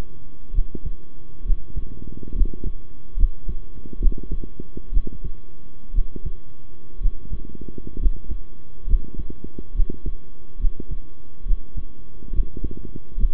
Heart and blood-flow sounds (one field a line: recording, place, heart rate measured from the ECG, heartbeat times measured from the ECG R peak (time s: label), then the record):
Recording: heart sounds by stethoscope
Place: between the tricuspid and mitral areas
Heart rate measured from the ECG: 66 bpm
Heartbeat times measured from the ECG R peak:
0.53 s: heartbeat
1.44 s: heartbeat
2.34 s: heartbeat
3.16 s: heartbeat
4.00 s: heartbeat
4.92 s: heartbeat
5.93 s: heartbeat
7.00 s: heartbeat
7.99 s: heartbeat
8.86 s: heartbeat
9.74 s: heartbeat
10.59 s: heartbeat
11.45 s: heartbeat
12.32 s: heartbeat
13.17 s: heartbeat
From the record:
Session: rest, sitting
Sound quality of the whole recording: good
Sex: male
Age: 23 years